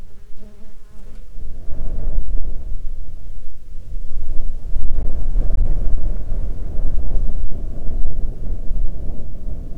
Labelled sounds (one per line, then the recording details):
wind
insects
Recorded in the Arctic National Wildlife Refuge, Alaska, on 19 July 2021 at 15:46
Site 33